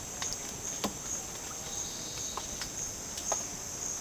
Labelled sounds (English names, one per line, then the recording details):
none
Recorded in dense forest near Puerto Asís, Putumayo, Colombia, on 12 March 2025 at 10:00
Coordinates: 0.486, -76.317
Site G053